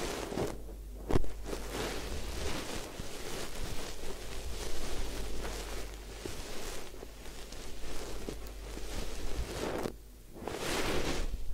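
Steady wet scrubbing and rustling from a head spa hair wash and massage, a dense, continuous texture of bright swishing with frequent small crackles. A sharp tap sounds near one second, and around ten seconds the rubbing briefly drops away before a brighter rush returns.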